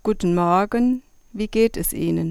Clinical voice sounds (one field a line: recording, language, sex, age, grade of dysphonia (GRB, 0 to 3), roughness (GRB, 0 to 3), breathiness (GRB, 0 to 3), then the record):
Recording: spoken sentence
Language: German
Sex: female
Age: 60 to 69 years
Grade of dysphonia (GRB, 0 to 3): 0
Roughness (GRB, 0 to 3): 0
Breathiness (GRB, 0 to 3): 0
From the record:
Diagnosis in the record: functional dysphonia, dysodia (singing voice disorder)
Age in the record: 60 years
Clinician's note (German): Mit Trend zur Hyperfunktion